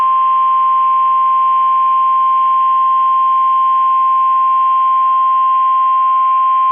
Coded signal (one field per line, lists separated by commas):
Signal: Emergency Alert System (SAME) tones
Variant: 1050 Hz attention tone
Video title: 1/10/24 - KEC65 Required Weekly Test (EAS #971)